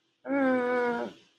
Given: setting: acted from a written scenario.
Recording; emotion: vocal sound without words; distress